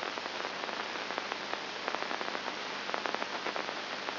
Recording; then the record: brain microelectrode recording played as sound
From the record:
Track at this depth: inside the subthalamic nucleus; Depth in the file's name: 0.508 mm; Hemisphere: left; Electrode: 2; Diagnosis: Parkinson's disease